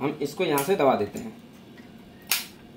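Someone talks, then presses down on a plastic push pin of a CPU cooler going into a motherboard mounting hole. A single sharp click sounds at 2.3 s. The pin is seated.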